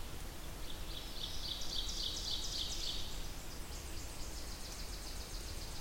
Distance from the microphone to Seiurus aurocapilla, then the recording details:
about 65 m. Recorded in boreal forest in Alberta, Canada, on 8 June 2016 at 07:55. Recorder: SongMeter 3, array SBT-3-9. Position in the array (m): 44 m, 99 m. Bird 33